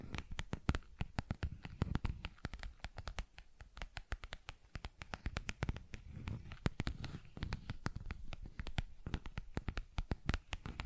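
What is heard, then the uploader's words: Tapping and scratching sounds in quick, irregular bursts of sharp clicks run throughout, dense and crisp, with some clusters of rapid taps. A low rumbling undertone sits beneath, and the clicks vary in loudness without any steady rhythm. ASMR Tapping, Scratching & Zipper Sounds.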